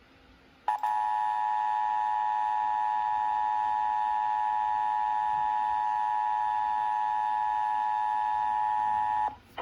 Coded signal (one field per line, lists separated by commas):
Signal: Emergency Alert System (SAME) tones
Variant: 853 and 960 Hz attention tone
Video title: EAS 852 - IL Monthly